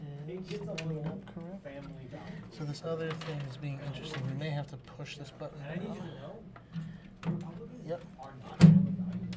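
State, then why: Not seated. While building a PC, someone presses a release button on a component and pushes it toward its slot or mount in the case, with handling noises and brief knocks as they talk throughout. The clip ends before the component goes home, so nothing has seated or clicked yet.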